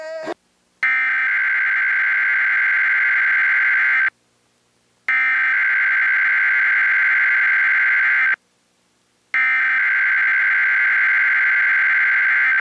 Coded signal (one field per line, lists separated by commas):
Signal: Emergency Alert System (SAME) tones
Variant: header bursts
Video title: EAS Required Weekly Test – Wabash Valley Region, Illinois/Indiana (3/13/2017)